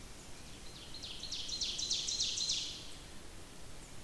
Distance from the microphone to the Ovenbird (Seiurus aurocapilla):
about 55 m